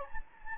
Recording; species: mosquito wingbeat signal from an infrared sensor; Anopheles gambiae